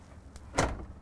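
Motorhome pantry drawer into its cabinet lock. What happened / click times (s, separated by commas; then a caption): The drawer latched shut / 0.6 s. A full-extension pantry drawer in a 2023 Newmar Ventana 4328 motorhome is pushed into its cabinet until its extra locking mechanism engages, so it stays shut on sharp corners or bad bumps. A faint tap comes at 0.4 s, then a louder latch click at 0.6 s with a short rattling tail. The drawer locks into place.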